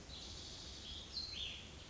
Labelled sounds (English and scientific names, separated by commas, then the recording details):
Cassin's Vireo (Vireo cassinii)
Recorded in Sonoma County, California